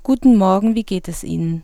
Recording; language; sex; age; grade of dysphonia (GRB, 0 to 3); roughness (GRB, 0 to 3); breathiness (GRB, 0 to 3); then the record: spoken sentence; German; female; 20 to 29 years; 0; 0; 0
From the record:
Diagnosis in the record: healthy voice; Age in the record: 26 years